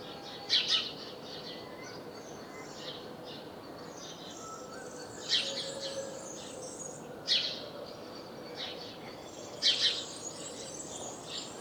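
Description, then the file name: House sparrow chirps in four bursts separated by long gaps, some doubled, with fainter twittering and continuous background noise. "Passer domesticus"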